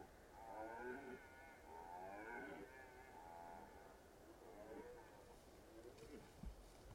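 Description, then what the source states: Red deer stags roaring, several drawn-out harmonic bellows rising and falling, some softer, against a steady background hiss. Stags rutting in the Carpathian Mountains, Bucovina, Romania.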